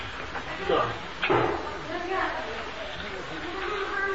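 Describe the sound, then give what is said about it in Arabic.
A door is pushed shut during a recorded religious lesson, giving two quick thudding knocks close together, with people talking in the background throughout. “لا ظل استكر الباب”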